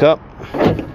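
On a 2016 Ford F150 lifted Tonka truck, the fold-out step integrated into the pickup tailgate is being pushed back up toward its stowed position while someone talks, with a short burst of handling noise around 0.8 seconds. The step has not locked in place yet; nothing has seated or clicked by the end of the clip.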